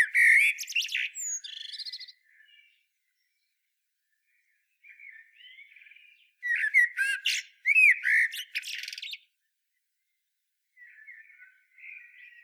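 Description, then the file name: Common blackbird song in several bursts: twittering phrases, quiet gaps, then loud fluty notes mixed with sharp high squeaks, and soft notes at the end. "Turdus merula"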